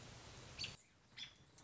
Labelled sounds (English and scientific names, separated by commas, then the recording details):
American Robin (Turdus migratorius)
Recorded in Sonoma County, California